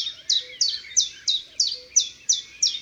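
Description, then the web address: Common chiffchaff song: clear, sharp notes repeated about three times a second in an even rhythm, with a faint low whistle now and then. "Le pouillot veloce. cuicui et compagnie"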